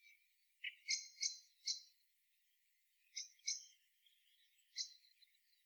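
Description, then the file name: Common blackbird giving soft, scattered high clicking notes in small clusters, with quiet gaps between. "Turdus merula"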